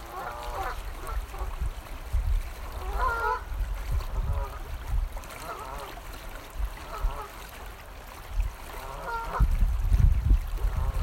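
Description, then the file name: Goose: geese give nasal honks at irregular intervals over low rumbling and splashing of water. "Geese and Water 22-03"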